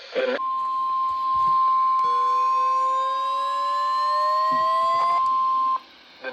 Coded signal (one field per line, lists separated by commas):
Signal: Emergency Alert System (SAME) tones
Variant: 1050 Hz attention tone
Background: speech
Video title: EAS Alerts From 7/30/24: A Compilation (EAS 225-237)